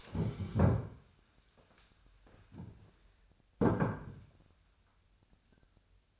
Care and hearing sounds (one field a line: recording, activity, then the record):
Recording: daily activity, microphone in the room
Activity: stand up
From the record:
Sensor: 2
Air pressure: 1015.1 hPa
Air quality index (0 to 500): 132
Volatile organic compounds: 5 ppm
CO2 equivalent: 1708 ppm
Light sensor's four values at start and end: 12/34/13/15 and 12/34/13/15